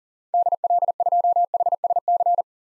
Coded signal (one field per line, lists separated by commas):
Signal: Morse code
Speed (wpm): 40 wpm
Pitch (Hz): 700 Hz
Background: none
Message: DL2HSC